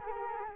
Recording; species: mosquito wingbeat signal from an infrared sensor; Culex quinquefasciatus